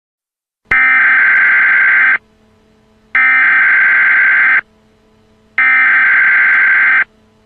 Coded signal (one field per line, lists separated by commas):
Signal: Emergency Alert System (SAME) tones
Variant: header bursts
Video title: Disney (100 Years, Disney Zombies Variant #2, w/ EAS alert)